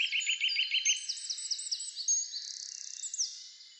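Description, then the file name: Eurasian nuthatch calls: a quick run of sharp downslurred notes for about a second, followed by higher-pitched chirps and a fast trill. "Sitta europaea"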